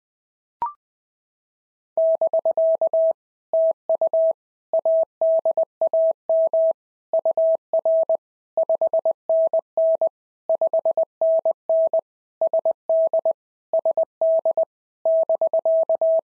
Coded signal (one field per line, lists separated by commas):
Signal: Morse code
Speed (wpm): 19 wpm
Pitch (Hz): 650 Hz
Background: none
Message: <BK> TU ADAM UR 5NN 5NN SD SD <BK>